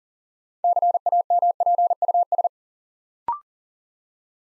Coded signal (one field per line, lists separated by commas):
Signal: Morse code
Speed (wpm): 40 wpm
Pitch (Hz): 700 Hz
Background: none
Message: CAMPUS